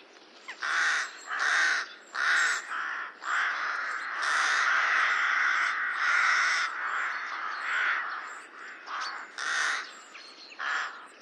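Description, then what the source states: Rooks giving harsh, grating caws, several birds overlapping in bursts of about half a second, roughly one call every second, with brief quieter gaps. Rookery, a breeding colony in the UK.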